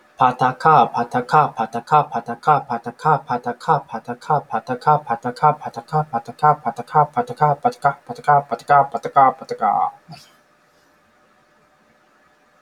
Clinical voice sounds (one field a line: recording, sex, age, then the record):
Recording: repeated syllables /pa ta ka/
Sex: male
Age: 20 to 29 years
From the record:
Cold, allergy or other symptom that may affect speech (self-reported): no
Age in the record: 26 years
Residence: Kentucky, United States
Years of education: 20